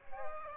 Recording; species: mosquito wingbeat signal from an infrared sensor; Aedes aegypti